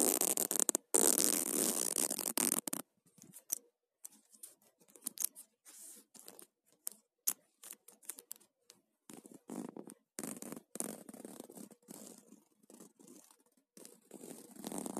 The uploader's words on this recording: ASMR - Zipper sounds.